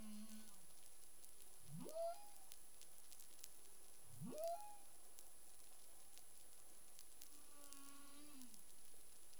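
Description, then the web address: Humpback whale song: a short low tone, then two steep rising whoops about two and a half seconds apart, and a wavering harmonic moan bending downward, with faint underwater crackling throughout. Recorded in the Caribbean on 25 February 2021 at 11:35 UTC. "CARIMAM. humpback whale 20210225 113528 UTC"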